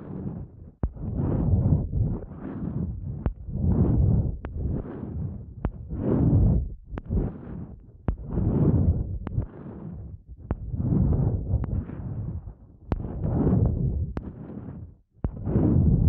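Sensitive eardrum massage sounds: soft, low rubbing swells rise and fall in slow waves, roughly one every second or so. Sharp little clicks cut in between many of the swells, and there are brief near-silent gaps, one around fifteen seconds.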